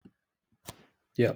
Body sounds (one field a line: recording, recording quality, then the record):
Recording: sustained vowel as in made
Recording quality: poor, much background noise or distortion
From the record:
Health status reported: recovered from COVID-19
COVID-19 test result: positive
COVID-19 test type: rapid antigen test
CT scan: not taken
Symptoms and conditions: sore throat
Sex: male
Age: 25 years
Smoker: no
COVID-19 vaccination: both doses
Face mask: not worn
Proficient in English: yes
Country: India